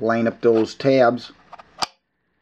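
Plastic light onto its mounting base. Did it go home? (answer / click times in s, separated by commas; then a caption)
yes / 1.6 s. Someone talks while the tabs of a plastic Custer Products adjustable emergency light with magnetic base (HF18A-MB amber / HF18R-MB red) are lined up and the light is pushed onto its mounting base. A light click is heard at 1.6 s as the light latches and seats on the mount.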